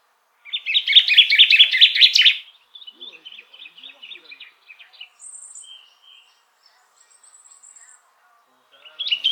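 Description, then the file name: Common chaffinch delivering a loud, rapid trilled song phrase, followed by quieter chipping notes and thin high squeaks, with another song beginning at the end. "Fringilla coelebs"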